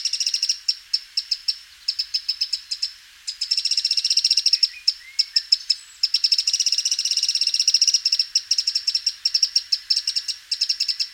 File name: Troglodytes troglodytes